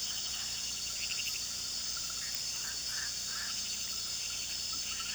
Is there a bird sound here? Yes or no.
no